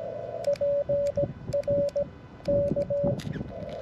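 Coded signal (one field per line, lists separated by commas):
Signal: Morse code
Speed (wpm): 16 wpm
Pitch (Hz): 570 Hz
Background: radio noise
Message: PR K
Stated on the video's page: Portable QRP CW park activation at 17 WPM on 21.057 MHz, mcHF radio at 5W, BaMaKey TP-III key, linked 15/17/20M dipole on 7M carbon fiber mast.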